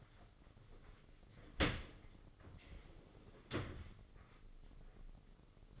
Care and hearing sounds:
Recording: daily activity, microphone in the room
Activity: open dishwasher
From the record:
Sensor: 4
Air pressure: 996.5 hPa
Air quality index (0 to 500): 88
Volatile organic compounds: 4 ppm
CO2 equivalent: 1695 ppm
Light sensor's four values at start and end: 19/53/20/23 and 19/52/20/22

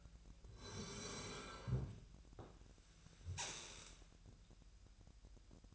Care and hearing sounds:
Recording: daily activity, microphone in the room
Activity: sit down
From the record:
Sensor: 2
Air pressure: 1001.4 hPa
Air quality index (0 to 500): 240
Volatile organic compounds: 73 ppm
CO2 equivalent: 3548 ppm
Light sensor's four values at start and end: 8/19/8/9 and 11/25/11/11

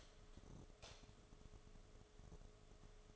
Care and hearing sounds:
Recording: daily activity, microphone in the room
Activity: light on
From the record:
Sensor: 4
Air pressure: 1011.1 hPa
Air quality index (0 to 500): 149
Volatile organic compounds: 3 ppm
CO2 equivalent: 1527 ppm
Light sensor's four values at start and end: 121/318/134/139 and 122/321/135/140

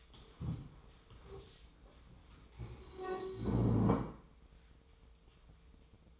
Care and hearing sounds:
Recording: daily activity, microphone in the room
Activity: stand up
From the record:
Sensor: 1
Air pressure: 1005.4 hPa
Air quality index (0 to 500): 123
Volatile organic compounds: 5 ppm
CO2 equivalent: 1722 ppm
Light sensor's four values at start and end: 11/27/11/12 and 11/26/10/11

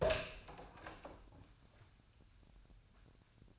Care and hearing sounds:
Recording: daily activity, microphone in the room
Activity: open door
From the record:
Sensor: 2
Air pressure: 1007.1 hPa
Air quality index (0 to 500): 191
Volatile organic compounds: 12 ppm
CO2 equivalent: 2348 ppm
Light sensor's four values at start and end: 10/23/10/10 and 10/24/10/10

